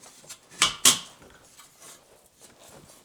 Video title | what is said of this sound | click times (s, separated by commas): New Weber Kettle Master-Touch - Unboxing, Assembly, and Overview - 2024 Grill in Matte Slate! | over by the feet and then it should just snap into place | 0.6 s, 0.9 s